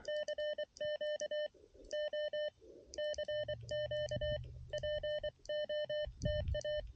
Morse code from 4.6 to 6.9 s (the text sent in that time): POTA